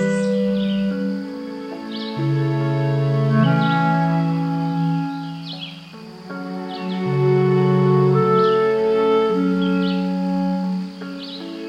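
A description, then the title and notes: Along the Palm Hammock Trail, short high chirps recur every two seconds or so over steady, low droning tones that shift pitch every second or two. Today’s Soundwalk was taken April 8th 2022 along the Palm Hammock Trail at Merritt Island NWR in Florida.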